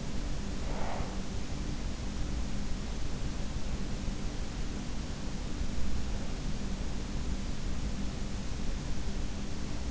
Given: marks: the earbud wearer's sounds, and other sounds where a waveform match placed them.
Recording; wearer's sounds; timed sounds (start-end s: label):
sounds in sleep by an in-ear microphone; breath
0.00-1.37 s: breath